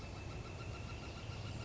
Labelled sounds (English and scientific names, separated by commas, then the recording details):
Northern Flicker (Colaptes auratus)
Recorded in Sonoma County, California